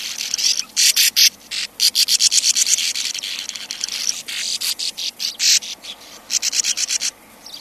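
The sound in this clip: Sand martin calls, rapid strings of dry, scratchy rasps, almost without pause.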